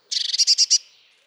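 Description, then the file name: Eurasian blue tit giving one quick scolding churr, a rapid string of buzzy notes lasting under a second. "Blåmeis"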